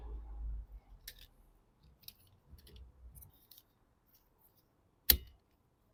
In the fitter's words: Right, you can hear the click noise.